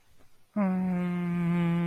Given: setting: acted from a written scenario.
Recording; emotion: vocal sound without words; sympathy